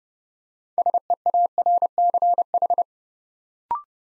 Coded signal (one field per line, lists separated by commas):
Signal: Morse code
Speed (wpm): 30 wpm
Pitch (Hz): 700 Hz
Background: none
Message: SEARCH